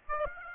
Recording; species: mosquito wingbeat signal from an infrared sensor; Aedes aegypti